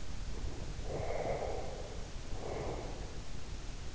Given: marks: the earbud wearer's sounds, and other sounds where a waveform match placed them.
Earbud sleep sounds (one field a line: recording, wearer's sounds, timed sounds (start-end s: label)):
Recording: sounds in sleep by an in-ear microphone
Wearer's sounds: breath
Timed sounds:
0.41-3.35 s: breath